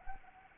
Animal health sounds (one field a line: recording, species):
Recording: mosquito wingbeat signal from an infrared sensor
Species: Anopheles arabiensis